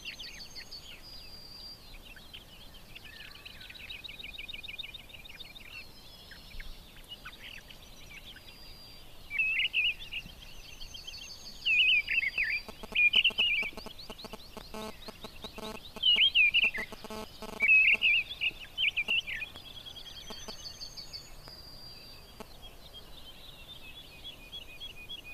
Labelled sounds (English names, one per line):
Mistle Thrush song